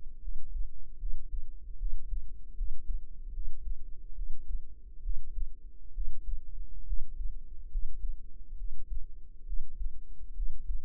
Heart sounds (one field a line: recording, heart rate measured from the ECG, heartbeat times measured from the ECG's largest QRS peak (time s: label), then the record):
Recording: heart sounds by microphone in the right ear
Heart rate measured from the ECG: 71 bpm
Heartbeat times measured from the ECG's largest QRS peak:
0.19 s: heartbeat
0.97 s: heartbeat
1.76 s: heartbeat
2.54 s: heartbeat
3.31 s: heartbeat
4.13 s: heartbeat
5.00 s: heartbeat
5.91 s: heartbeat
6.84 s: heartbeat
7.68 s: heartbeat
8.55 s: heartbeat
9.44 s: heartbeat
10.33 s: heartbeat
From the record:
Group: healthy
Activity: rest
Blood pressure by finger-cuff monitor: 103/68 mmHg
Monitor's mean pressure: 80 mmHg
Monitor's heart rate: 70 bpm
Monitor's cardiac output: 5.4 L/min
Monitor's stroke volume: 77 mL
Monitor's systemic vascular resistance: 1080 dyn s/cm5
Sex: female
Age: 22 years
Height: 160 cm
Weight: 45 kg